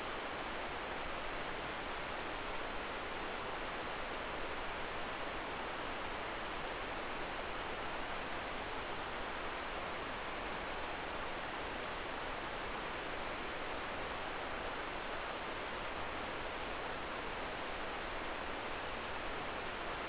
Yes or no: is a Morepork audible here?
no